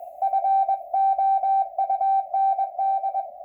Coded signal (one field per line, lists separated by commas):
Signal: Morse code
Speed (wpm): 21 wpm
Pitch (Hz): 780 Hz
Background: radio noise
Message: FOUND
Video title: Minnesota Section Net, 10/26/2020 (Morse Code)